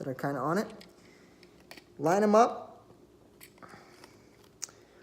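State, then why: Seated. Someone talks while a toy Star Wars Disney Parks Exclusive Force FX Rey lightsaber blade is slid into its hilt, its small teeth lined up with the locks, then pushed in and twisted. Light handling ticks follow, then a sharp, loud click at 4.6 s as the blade locks into the hilt and is secure.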